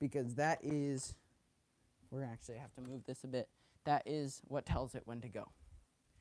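A fog relay plug for an animatronic Halloween prop is handled and moved near the prop's control box, which it plugs into directly with no wire needed. Someone talks throughout. Nothing has seated or clicked yet.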